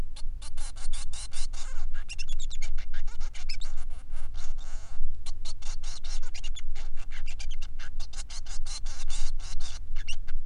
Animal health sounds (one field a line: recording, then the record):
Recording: song of a male Bengalese finch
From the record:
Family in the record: son of father 3